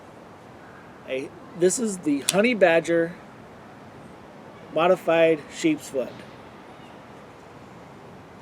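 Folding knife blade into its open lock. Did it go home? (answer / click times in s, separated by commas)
no / none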